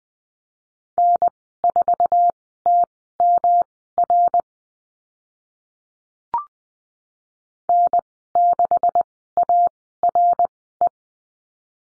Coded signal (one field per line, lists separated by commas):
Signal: Morse code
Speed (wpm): 20 wpm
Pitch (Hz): 700 Hz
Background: none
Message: N4TMR N6ARE